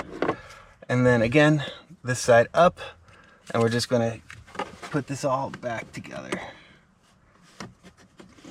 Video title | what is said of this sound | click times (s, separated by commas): K&N Air Filter and Cabin Air filter replacement review and install for the 2024 Tacoma | slide it in. It kind of pops into place. | 0.2 s